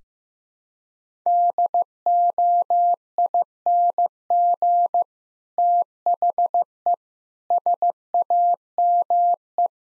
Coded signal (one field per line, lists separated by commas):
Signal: Morse code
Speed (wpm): 16 wpm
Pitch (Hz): 700 Hz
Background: none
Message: DOING THE SAME